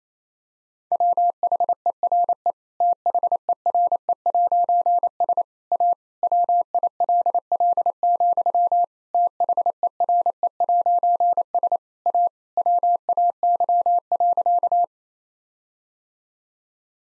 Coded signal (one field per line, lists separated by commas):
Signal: Morse code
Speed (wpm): 28 wpm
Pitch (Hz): 700 Hz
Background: none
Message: WHERE THERE'S A WILL, THERE'S A WAY.